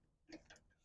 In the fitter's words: slide it in here and then this cotter pin just locks in place here